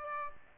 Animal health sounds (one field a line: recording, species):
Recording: mosquito wingbeat signal from an infrared sensor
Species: Aedes albopictus